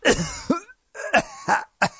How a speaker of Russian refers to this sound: Он резво встал, но тут же согнулся за стрясаемым очередным приступом чахоточного кашля.